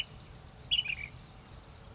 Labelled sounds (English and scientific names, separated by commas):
Ash-throated Flycatcher (Myiarchus cinerascens)